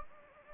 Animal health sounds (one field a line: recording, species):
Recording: mosquito wingbeat signal from an infrared sensor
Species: Anopheles gambiae